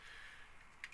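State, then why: Seated. An injection-molded barrel from the fusion kit is installed into a foam dart blaster. After a low, steady background hiss, one short, sharp click at 0.8 s marks the barrel popping into place, followed by a softer tick at 0.9 s. The barrel is seated.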